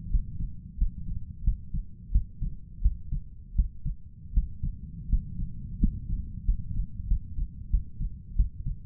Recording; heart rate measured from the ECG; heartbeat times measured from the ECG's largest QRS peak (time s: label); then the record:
heart sounds by stethoscope; 87 bpm
0.10 s: heartbeat
0.78 s: heartbeat
1.44 s: heartbeat
2.11 s: heartbeat
2.82 s: heartbeat
3.55 s: heartbeat
4.33 s: heartbeat
5.09 s: heartbeat
5.79 s: heartbeat
6.45 s: heartbeat
7.08 s: heartbeat
7.70 s: heartbeat
8.36 s: heartbeat
From the record:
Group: healthy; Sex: male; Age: 23 years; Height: 179 cm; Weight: 87 kg